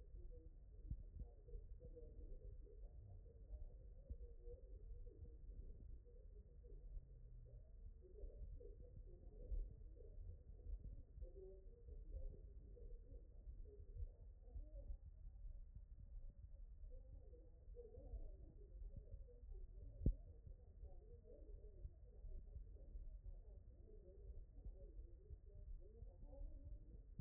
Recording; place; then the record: heart sounds by stethoscope; mitral valve (MV)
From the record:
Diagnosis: non-HFrEF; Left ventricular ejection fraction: 62%